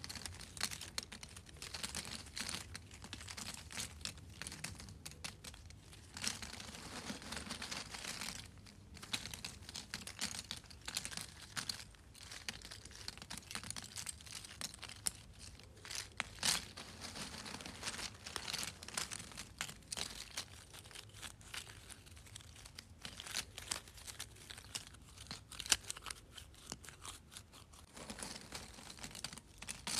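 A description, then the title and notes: Small pieces of cardboard are shuffled and rubbed together in a dense, restless stream of dry scraping and crinkling, with bright papery clicks. The handling is continuous for the full length, swelling and easing in short bursts. ASMR Shuffling Small Cardboard Pieces.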